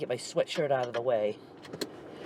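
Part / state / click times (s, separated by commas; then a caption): seat belt tongue into car seat belt buckle / seated / 1.8 s. A driver pulls her car seat belt across, moves her sweatshirt out of the way and pushes the metal seat belt tongue into the buckle while someone talks. After a faint sound at 1.7 s, the buckle latches with a sharp click at 1.8 s, and the belt is seated.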